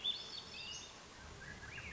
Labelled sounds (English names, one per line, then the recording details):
Swainson's Thrush
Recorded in Sonoma County, California